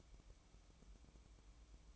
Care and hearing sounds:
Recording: daily activity, microphone in the room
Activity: light off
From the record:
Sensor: 1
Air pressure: 1008.0 hPa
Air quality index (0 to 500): 122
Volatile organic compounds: 2 ppm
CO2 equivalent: 1032 ppm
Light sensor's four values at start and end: 17/52/21/21 and 8/19/8/8

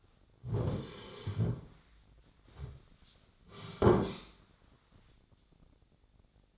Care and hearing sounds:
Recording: daily activity, microphone in the room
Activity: sit down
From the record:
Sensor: 3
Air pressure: 1009.3 hPa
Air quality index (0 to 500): 180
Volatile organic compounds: 3 ppm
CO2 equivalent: 1456 ppm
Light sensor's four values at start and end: 32/74/34/39 and 47/118/53/54

